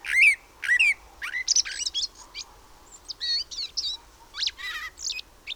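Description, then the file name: Common blackbird with two loud upslurred chirps, then a tumbling run of softer squeaky notes and buzzy fragments. "Turdus merula"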